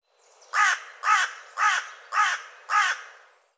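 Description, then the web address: Bird giving five harsh, evenly spaced caws, each a short arched note repeated roughly every half second, clean with no other sounds. "cianscape birddata Deverinetal 2025"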